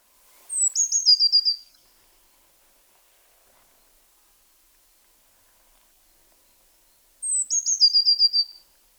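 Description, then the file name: Eurasian blue tit calling twice, about six and a half seconds apart, each a high thin note leading into a fast descending trill; silence between phrases. "Cyanistes caeruleus"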